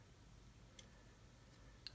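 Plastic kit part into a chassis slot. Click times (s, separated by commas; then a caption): 1.9 s. A plastic part from a Tamiya 1/32 GR Yaris Mini 4WD kit has its tab slid under a slot in the chassis and is pushed down. After a faint tick at 0.8 s, a sharp, bright snap at 1.9 s marks the part clipping firmly into place.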